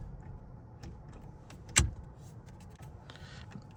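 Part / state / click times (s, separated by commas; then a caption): driver airbag module into steering wheel / seated / 1.8 s. A driver airbag module is pushed back into the steering wheel after its ground wires are checked, during an AMG drive unit installation. Faint handling clicks and rattles are heard at 0.8, 1.5 and 3.1 s. A single sharp, loud snap at 1.8 s marks the airbag module seating in place.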